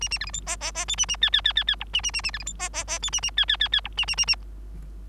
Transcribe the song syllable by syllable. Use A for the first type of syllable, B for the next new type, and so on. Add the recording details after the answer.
A A B C D E E E F A A G G G G G H A A A A B C D E E E F A A G G G G H A A A A. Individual Bird3